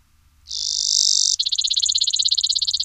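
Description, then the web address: Brewer's sparrow song: a fine, high buzzy trill held for under a second, then switching abruptly to a slower, clearly pulsed trill that runs on to the end. Common species of western North America. "Songs of Birds of North America Know Your Bird Sounds Common Western Species. Brewers Sparrow"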